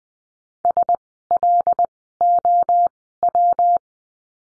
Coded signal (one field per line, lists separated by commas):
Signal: Morse code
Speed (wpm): 20 wpm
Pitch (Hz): 700 Hz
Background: none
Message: SLOW